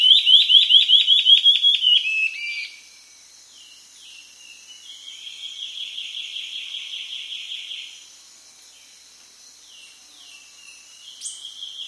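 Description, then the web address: Rufous-throated antbird giving loud, rapid, buzzy whistled notes for about two and a half seconds, followed by a quieter, drawn-out series of fast notes and a faint call near the end. Recorded in South America. "Natures Songs S America Rufous-Throated Antbird"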